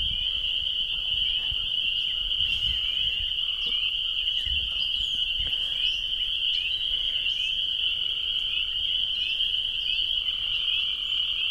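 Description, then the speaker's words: Spring peepers in a dense chorus, a continuous band of shrill high peeps with brief bird notes and faint low thumps scattered through. Spring peepers calling around 7:40 in the evening in spring, a few birds mixed in, chorus building up. "It's about 20 till 8 in the evening. And the peepers are really getting wound up."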